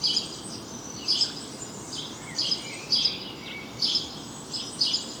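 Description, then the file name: House sparrow calling with sharp, high chirps about once a second, set against a constant noisy hiss. "Passer domesticus"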